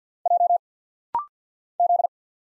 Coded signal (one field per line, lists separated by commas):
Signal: Morse code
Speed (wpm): 50 wpm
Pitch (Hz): 700 Hz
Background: none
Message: J Z